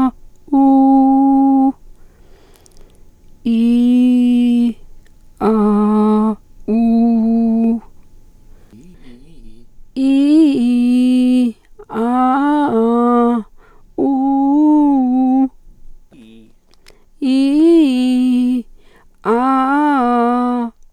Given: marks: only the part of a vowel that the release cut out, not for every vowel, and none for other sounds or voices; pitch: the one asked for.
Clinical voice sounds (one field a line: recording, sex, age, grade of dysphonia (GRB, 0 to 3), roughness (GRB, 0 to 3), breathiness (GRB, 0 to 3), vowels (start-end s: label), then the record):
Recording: sustained vowels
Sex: female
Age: 40 to 49 years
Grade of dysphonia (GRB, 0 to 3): 2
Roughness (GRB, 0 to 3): 0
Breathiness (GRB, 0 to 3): 1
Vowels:
0.59-1.62 s: vowel /u/, high pitch
3.52-4.62 s: vowel /i/, low pitch
5.49-6.20 s: vowel /a/, low pitch
6.75-7.64 s: vowel /u/, low pitch
14.12-15.35 s: vowel /u/, low-high-low pitch
17.30-18.49 s: vowel /i/, low-high-low pitch
19.34-20.57 s: vowel /a/, low-high-low pitch
From the record:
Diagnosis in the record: psychogenic dysphonia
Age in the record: 47 years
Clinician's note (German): Funktionell psychogene Dysphonie, Reflux!, dicke Stimmlippe